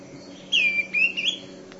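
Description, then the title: Greenish schiffornis call: two or three high whistled notes, the first slurring downward then level, in under a second, over a steady low hum. "LuckyPassaro Completos2Sama. Greenish Schiffornis (Schiffornis virescens)"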